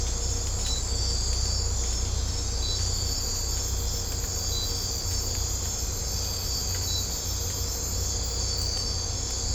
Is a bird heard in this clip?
no